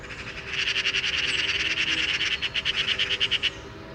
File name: Pica pica